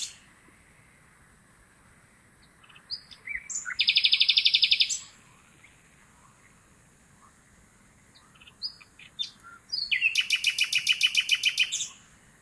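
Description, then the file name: Common nightingale song: two loud phrases of rapid, even repeated notes, each opening with scattered sharp notes, with quiet between them. "Luscinia megarhynchos"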